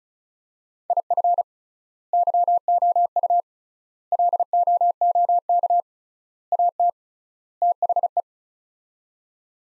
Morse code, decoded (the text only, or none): IF YOU LOOK AT THE